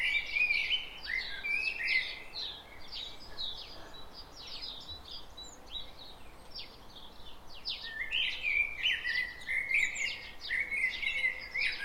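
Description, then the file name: Common blackbird song, mellow warbling phrases repeated throughout, overlapped by constant high twittering. "Turdus merula"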